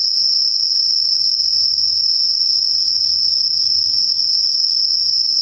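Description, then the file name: Insect song, a high continuous ringing trill over a soft, low humming rumble. Night insects; recorded at night, dated 12 September 2023. "yorunomushi 230912"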